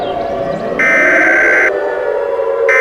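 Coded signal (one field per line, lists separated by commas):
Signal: Emergency Alert System (SAME) tones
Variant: header bursts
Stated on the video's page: Fictional EAS scenario with SAME tones.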